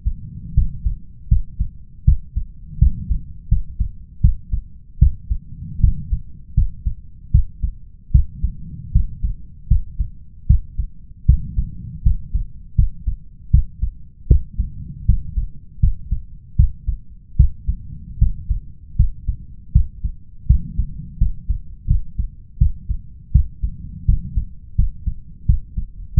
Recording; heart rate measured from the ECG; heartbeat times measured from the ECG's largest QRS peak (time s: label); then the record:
heart sounds by stethoscope; 80 bpm
0.53 s: heartbeat
1.28 s: heartbeat
2.04 s: heartbeat
2.78 s: heartbeat
3.48 s: heartbeat
4.20 s: heartbeat
4.98 s: heartbeat
5.80 s: heartbeat
6.54 s: heartbeat
7.31 s: heartbeat
8.11 s: heartbeat
8.91 s: heartbeat
9.67 s: heartbeat
10.46 s: heartbeat
11.25 s: heartbeat
12.02 s: heartbeat
12.75 s: heartbeat
13.50 s: heartbeat
14.27 s: heartbeat
15.05 s: heartbeat
15.79 s: heartbeat
16.55 s: heartbeat
17.36 s: heartbeat
18.18 s: heartbeat
18.96 s: heartbeat
19.72 s: heartbeat
20.46 s: heartbeat
21.17 s: heartbeat
21.86 s: heartbeat
22.57 s: heartbeat
23.31 s: heartbeat
24.05 s: heartbeat
24.75 s: heartbeat
25.45 s: heartbeat
26.14 s: heartbeat
From the record:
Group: healthy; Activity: rest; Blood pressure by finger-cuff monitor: 145/89 mmHg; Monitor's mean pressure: 104 mmHg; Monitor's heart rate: 79 bpm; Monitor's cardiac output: 6.4 L/min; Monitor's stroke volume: 83 mL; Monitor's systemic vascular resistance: 1180 dyn s/cm5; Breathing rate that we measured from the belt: 20 breaths a minute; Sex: male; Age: 21 years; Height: 180 cm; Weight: 67.5 kg